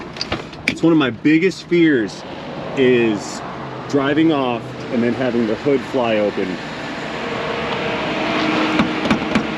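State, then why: Seated. Someone talks over a steady background hum as the steel hood of a Chevy Tahoe 5.3 truck, left unlatched after it was last closed, is shut again. A sharp click at 9.4 s marks the hood seating into its secondary latch, which catches.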